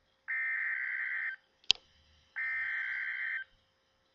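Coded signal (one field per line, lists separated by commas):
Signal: Emergency Alert System (SAME) tones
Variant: header bursts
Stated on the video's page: Severe thunderstorm warning received via an online weather radio stream.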